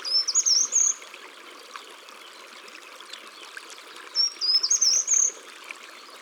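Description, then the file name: Short-toed treecreeper song, a brief high-pitched trill climbing to a sharp finish, sung twice about four seconds apart over a constant rushing background. Recorded in the countryside. "Grimpereau des jardins Chants doiseaux dans la campagne"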